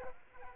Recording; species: mosquito wingbeat signal from an infrared sensor; Aedes aegypti